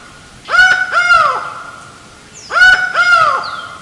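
Laughing falcon uttering two loud paired nasal calls two seconds apart.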